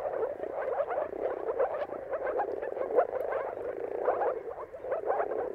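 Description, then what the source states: Dense moor frog chorus, muffled bubbling notes blending together without pause. Moor frogs in a mating chorus at sunrise, heard at the turn of March and April depending on the weather.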